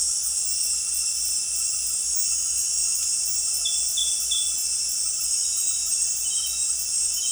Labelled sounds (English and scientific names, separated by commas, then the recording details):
none
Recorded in dense forest near Puerto Asís, Putumayo, Colombia, on 19 March 2025 at 18:30
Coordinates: 0.503, -76.323
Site GP09